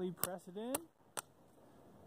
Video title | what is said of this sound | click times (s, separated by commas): 2018 Chrysler Pacifica Roof Rail Installation | it'll snap into place | 1.2 s